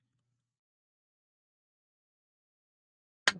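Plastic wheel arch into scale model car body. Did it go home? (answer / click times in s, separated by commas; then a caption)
yes / 3.3 s. A plastic wheel arch is pressed down onto the chassis of a 1:8 scale Ford GT model car until it snaps into place. After about three seconds of near silence with a faint low hum at the start, one sharp, bright snap is heard at 3.3 s. The arch is seated and already quite secure.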